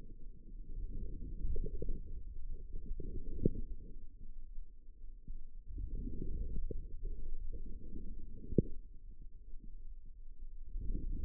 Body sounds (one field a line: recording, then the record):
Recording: forearm muscle sounds (acoustic myography)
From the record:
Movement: outward rotation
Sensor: system 2, bracelet of six BSWA MPA416 microphones around the upper forearm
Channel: 4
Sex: female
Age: 25 years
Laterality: right